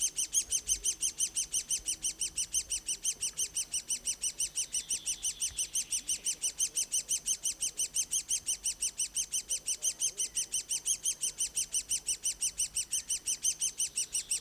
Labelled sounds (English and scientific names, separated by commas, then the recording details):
Great Spotted Woodpecker (Dendrocopos major) call
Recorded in the wild
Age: juvenile
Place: Bogensee, Barnim, Brandenburg, DE
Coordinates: 52.7714, 13.5294
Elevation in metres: 60
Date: 2004-05-30 15:40
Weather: sonnig, 21-24°C
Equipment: Sony WM-D6C, Sennheiser ME 80, Kopie Uher 4000 Report Monitor
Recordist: Tembrock, Günter